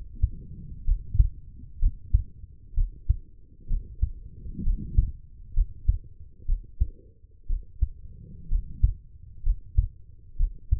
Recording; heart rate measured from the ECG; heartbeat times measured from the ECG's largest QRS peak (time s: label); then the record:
heart sounds by stethoscope; 63 bpm
0.84 s: heartbeat
1.79 s: heartbeat
2.74 s: heartbeat
3.67 s: heartbeat
4.63 s: heartbeat
5.53 s: heartbeat
6.45 s: heartbeat
7.46 s: heartbeat
8.48 s: heartbeat
9.43 s: heartbeat
10.36 s: heartbeat
From the record:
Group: healthy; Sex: female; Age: 23 years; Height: 160 cm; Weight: 50.4 kg